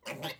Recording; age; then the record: pig call; piglet (1 to 25 days)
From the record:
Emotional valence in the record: negative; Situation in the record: restrain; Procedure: back test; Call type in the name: low-frequency call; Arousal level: medium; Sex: male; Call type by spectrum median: low-frequency call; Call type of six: low-frequency stable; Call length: 0.40 s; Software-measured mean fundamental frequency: 66 Hz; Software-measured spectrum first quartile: 536 Hz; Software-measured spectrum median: 1609 Hz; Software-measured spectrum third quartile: 3333 Hz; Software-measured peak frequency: 581 Hz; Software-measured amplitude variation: 196 dB a second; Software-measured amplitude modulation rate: 8.8 a second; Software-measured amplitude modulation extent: 22.3 dB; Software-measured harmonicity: 0.6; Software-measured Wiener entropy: -1.53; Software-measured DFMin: 767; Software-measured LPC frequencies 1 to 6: 677, 2147, 3312, 4633, 6050, 7122 Hz